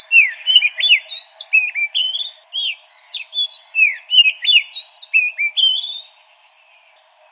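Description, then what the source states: Magpie-robin song: a rapid run of varied clear whistles and sharp slurred notes in quick succession, with brief pauses. Local name kacer; bird described as gacor, vigorously and continuously singing.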